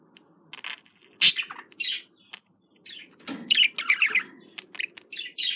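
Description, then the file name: Budgerigar chirps and scratchy squeaks, sparse at first and then denser, over a soft low rumbling background. Described as a budgerigar love sound. "love budgerigar"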